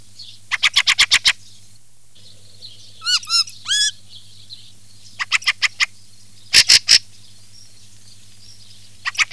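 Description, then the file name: Fieldfare harsh chack calls in rapid runs of up to seven notes, interrupted by a few hooked, whistled notes and louder clipped bursts, over a low hum. "CESENA"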